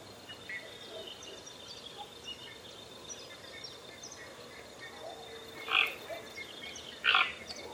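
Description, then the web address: Toco toucan with two hoarse croaks near the end, after a long quiet stretch with faint background sounds. "sound Ramphastos-toco. صدای-پرنده-توکان-منقاردار"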